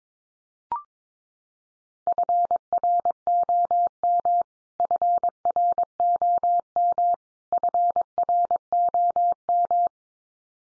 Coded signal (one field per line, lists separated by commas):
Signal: Morse code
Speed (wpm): 22 wpm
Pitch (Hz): 700 Hz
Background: none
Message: FROM FROM FROM